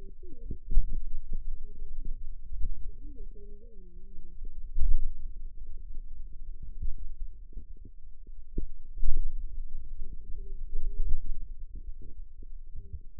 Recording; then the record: forearm muscle sounds (acoustic myography)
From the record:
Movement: pen grasping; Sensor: system 2, bracelet of six BSWA MPA416 microphones around the upper forearm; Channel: 6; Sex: female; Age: 21 years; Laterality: right